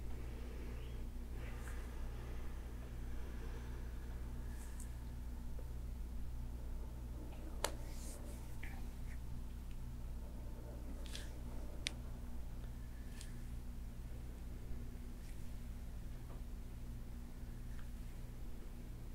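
Hair play and back scratching over a steady, low droning hum that never changes. Short bright scratchy rustles and small clicks come every few seconds, clustered near the middle, with a faint hiss running underneath throughout.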